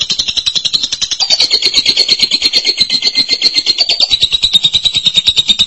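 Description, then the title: Lovebird song: a fast, rattling high trill held throughout, rising slightly then easing back down. "BM Suara Burung Lovebird"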